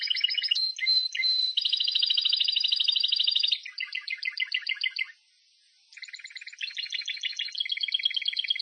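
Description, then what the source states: Canary delivering dense rattling rolls and pulsed trills, a brief silence, then more bubbling trilled phrases. Timbrado breed.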